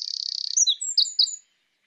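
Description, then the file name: Eurasian wren song fragment: a fast, high buzzing trill followed by a few sharp, squeaky whistled notes, ending abruptly after about one and a half seconds. "Troglodytes troglodytes"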